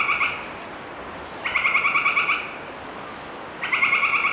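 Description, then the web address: Northern White-crowned Tapaculo song: brisk series of clipped, evenly spaced notes, repeated, under a hissing insect chorus with rising high chirps. Ecuador. "Birds of Ecuador Northern White-Crowned Tapaculo"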